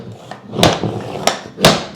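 A luxury vinyl plank is angled into the click-lock edge of the adjoining plank and pressed down, giving a series of knocks and thumps at about 0.3, 0.6 and 1.3 seconds. The loudest thud comes at 1.7 seconds, when the joint engages and the plank drops flat into place. The seam is tight and the plank lies fully flat with no give.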